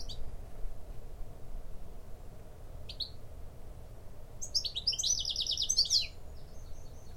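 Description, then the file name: European goldfinch call: two faint chirps in the first half, then a lively burst of fast liquid twittering in the second half, with constant low rumble beneath. "Carduelis carduelis"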